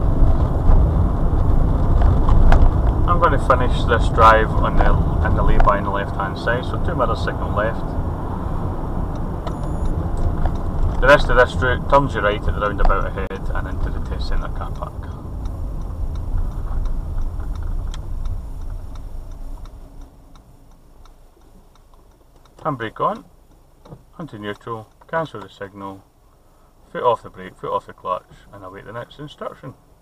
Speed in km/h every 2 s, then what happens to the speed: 37, 37, 35, 37, 34, 31, 27, 18, 13, 6, 0, 0, 0, 0, 0.
0-6 steady at about 37. 6-19 slows to 0. 19-30 standing.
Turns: none.